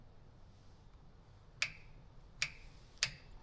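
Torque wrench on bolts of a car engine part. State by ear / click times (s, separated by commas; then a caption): torque reached / 1.6 s, 2.4 s, 3.0 s. A torque wrench set to about 31 tightens bolts in a circle pattern on an engine part of a 1969 Mustang fastback. It gives three sharp little clicks at 1.6, 2.4 and 3.0 seconds over a quiet background. Each click shows a bolt reaching its torque spec.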